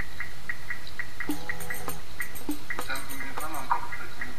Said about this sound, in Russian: У тебя метроном там, кстати, не тикает.